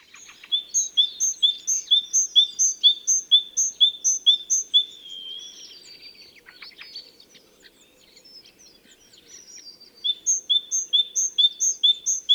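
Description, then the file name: Great tit singing a quick, regular run of ringing high note pairs, then a quieter jumble of scratchy calls before the steady phrases return near the end. "Parus major"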